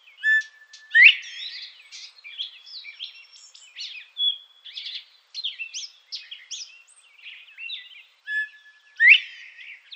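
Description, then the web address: Northern bobwhite whistle: a flat note sweeping sharply upward, given twice about eight seconds apart, amid steady chattering and chirping. Male, display call. "Schulze Peter Northern Bobwhite male display"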